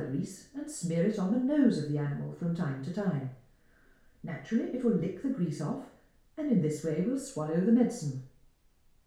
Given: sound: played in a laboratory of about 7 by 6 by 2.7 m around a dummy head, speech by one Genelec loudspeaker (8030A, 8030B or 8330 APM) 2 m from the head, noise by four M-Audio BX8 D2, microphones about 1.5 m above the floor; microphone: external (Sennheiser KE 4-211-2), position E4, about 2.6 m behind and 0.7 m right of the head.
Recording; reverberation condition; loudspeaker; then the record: female speech in English; medium; behind (180 degrees)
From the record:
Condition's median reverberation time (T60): about 510 ms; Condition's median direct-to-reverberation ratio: about -0.5 dB